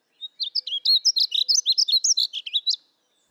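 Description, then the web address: Painted Bunting singing a quick, tinkling warble of short high slurred notes, rising and falling, delivered in one continuous phrase lasting under three seconds. "Spark Bird: Murry Burgess and the Painted Bunting (Bird Note: 01/19/26)"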